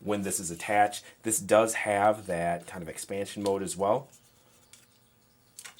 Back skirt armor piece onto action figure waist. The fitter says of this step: the legs may actually be too far back for this to connect at the moment so straighten them out a bit